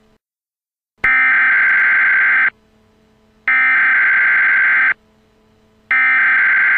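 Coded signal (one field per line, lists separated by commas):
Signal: Emergency Alert System (SAME) tones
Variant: header bursts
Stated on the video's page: Simulated EAS alert for a fictional nuclear missile attack scenario.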